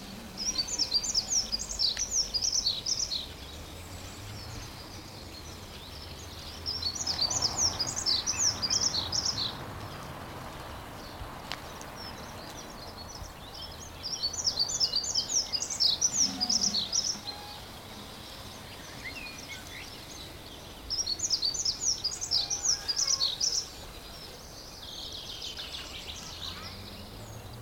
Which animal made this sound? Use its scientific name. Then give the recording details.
Prunella modularis. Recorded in the wild. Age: adult. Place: Friedhof Niederschönhausen III, Berlin, DE. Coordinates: 52.571, 13.386. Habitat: Stadtfriedhof. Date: 1992-04-12 11:52. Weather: heiter, 16°C. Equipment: Nagra SN, Mikrofon AKG CK 8, Kopie Tesla B 116. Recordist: Tembrock, Günter